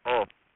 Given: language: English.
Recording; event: throat vibration sensor signal played as sound; speech